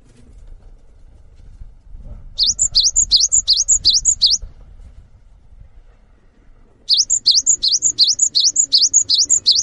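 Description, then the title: Cinereous tit song: two bursts of high, sharp two-note whistled phrases, each repeated several times, with a quiet pause between, over a faint low rumble. Actively singing bird giving its long 'wucit' song style, said to draw other birds of its kind into singing along. "GELATIK BATU GACOR WUCIT PANJANGNYA BIKIN GELATIK LAIN JADI TERPANCING UNTUK IKUT BUNYI"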